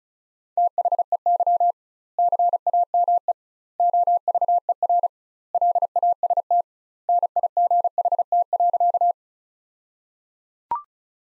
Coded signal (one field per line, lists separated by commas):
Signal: Morse code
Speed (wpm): 36 wpm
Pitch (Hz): 700 Hz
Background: none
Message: THEY CAME OVER LAST NIGHT.